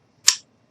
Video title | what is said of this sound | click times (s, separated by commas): Key chain Gnome | clicked into place and now it's going to go ahead and let that dry | 0.3 s